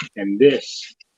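A 3D-printed logo insert is handled near the base of a printed dump box (shell catcher), with someone talking over it. The clip ends before the insert is pushed home, so nothing has seated or clicked yet.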